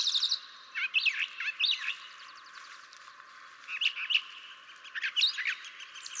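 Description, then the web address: Brown Thrasher song: loud, varied phrases of rich whistled and harsh notes sweeping up and down, with short pauses between bursts. "birdsongforthecurious Brown Thrasher"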